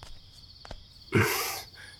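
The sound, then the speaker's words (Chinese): Light footsteps of someone tiptoeing into a bedroom at two in the morning, coming over the balcony shared with the next room: a couple of faint, soft taps, then a louder brushing step that scuffs for about half a second before fading. No one speaks. “他的房间跟隔壁房间的阳台是相通的，听到轻微的脚步声时，李琴书知道肯定是袁子峰过来了。”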